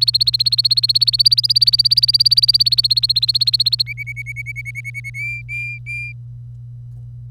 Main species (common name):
Domestic Canary